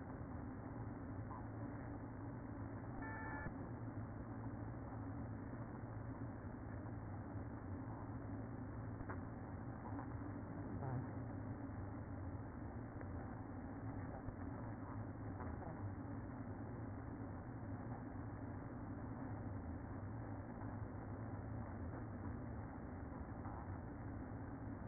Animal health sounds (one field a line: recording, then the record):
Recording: honeybee colony, microphone inside the hive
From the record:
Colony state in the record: queen present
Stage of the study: after two queens were removed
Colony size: about 60,000 bees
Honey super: yes